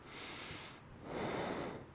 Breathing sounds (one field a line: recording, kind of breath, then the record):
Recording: one breath in and out by a microphone near the nose and mouth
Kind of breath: normal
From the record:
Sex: male